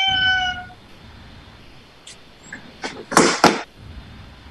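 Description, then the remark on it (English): A cat lets out a flat, sustained meow at the start, followed by a few short, scratchy bursts of noise. No one speaks. “He sounds like a cat. Is your cat mentally impaired?”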